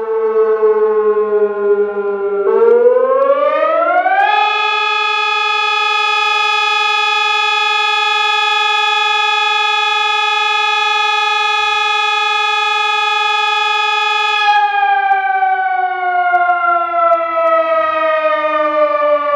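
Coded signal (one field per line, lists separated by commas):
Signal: siren signal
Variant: German Feueralarm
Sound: electronic siren wails up, holds a steady tone about ten seconds, then winds down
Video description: Ausgelöst wurde über POCSAG das Signal "Feueralarm".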